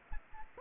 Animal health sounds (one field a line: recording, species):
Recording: mosquito wingbeat signal from an infrared sensor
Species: Aedes aegypti